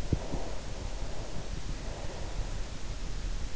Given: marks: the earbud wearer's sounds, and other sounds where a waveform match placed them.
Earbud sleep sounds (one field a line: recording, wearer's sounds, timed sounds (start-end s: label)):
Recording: sounds in sleep by an in-ear microphone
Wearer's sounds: breath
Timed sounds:
0.10-3.09 s: breath